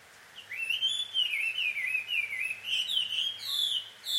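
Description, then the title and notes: Bird calls, a continuous wavering, warbled chatter of high notes with a few sharper chirps near the end, over a faint low hum. A pair of birds quarrelling at dusk, recorded in Takao, Japan; field recording. "鳥の夫婦喧嘩 – Birds Quarrel At Dusk. Recorded in Takao Japan"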